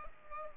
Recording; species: mosquito wingbeat signal from an infrared sensor; Culex pipiens